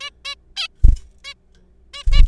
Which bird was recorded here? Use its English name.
Zebra Finch